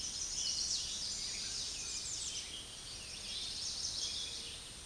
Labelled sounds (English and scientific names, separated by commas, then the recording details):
American Redstart (Setophaga ruticilla) song
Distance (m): 60 m
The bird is about 15 m above the microphone
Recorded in a Pennsylvania forest on 16 May 2024 at 07:42
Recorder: AudioMoth, point MSD-2027
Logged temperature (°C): 15.6 °C
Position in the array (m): 153 m, 202 m